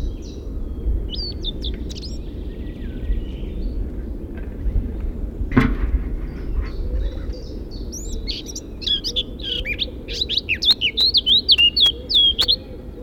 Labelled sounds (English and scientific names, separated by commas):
Eurasian Blackcap (Sylvia atricapilla)